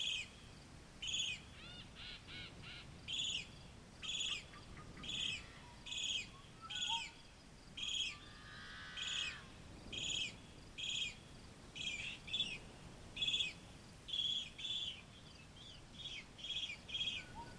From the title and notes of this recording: Yellow-Headed Blackbirds at Morning At Columbia National Wildlife Refuge. Near the main entrance I found a marsh that is popular with Yellow-Headed Blackbirds.